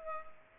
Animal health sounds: mosquito wingbeat signal from an infrared sensor; Culex pipiens

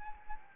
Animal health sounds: mosquito wingbeat signal from an infrared sensor; Anopheles arabiensis

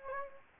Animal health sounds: mosquito wingbeat signal from an infrared sensor; Anopheles gambiae

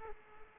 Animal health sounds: mosquito wingbeat signal from an infrared sensor; Aedes aegypti

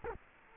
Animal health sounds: mosquito wingbeat signal from an infrared sensor; Culex quinquefasciatus

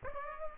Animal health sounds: mosquito wingbeat signal from an infrared sensor; Aedes aegypti

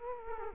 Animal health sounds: mosquito wingbeat signal from an infrared sensor; Culex quinquefasciatus

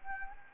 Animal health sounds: mosquito wingbeat signal from an infrared sensor; Anopheles gambiae

